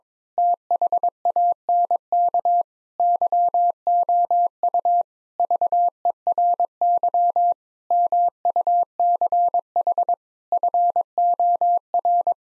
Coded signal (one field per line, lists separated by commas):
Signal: Morse code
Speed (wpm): 22 wpm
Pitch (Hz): 700 Hz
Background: none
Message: THANK YOU VERY MUCH FOR